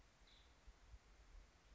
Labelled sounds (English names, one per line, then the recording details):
Nuttall's Woodpecker
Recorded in Sonoma County, California